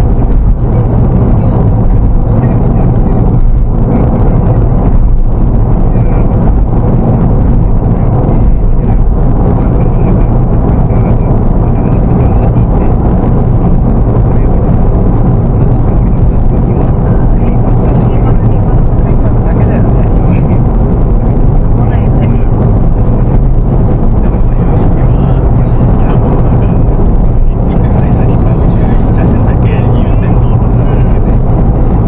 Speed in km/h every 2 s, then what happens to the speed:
87, 88, 89, 90, 90, 91, 88, 86, 84, 84, 82, 82, 82, 83, 84, 84.
0-10 steady at about 89. 10-20 slows to 82. 20-32 steady at about 82.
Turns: none.